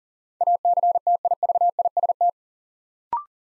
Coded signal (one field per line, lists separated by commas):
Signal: Morse code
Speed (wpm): 38 wpm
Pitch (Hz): 700 Hz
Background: none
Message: ACTIVIST